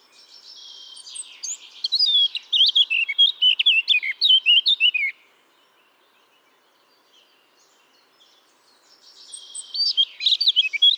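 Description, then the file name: Eurasian blackcap song: a soft scratchy warble swells into a loud run of clear fluty whistled notes, a pause of silence, then another bright whistled phrase begins. "Sylvia atricapilla"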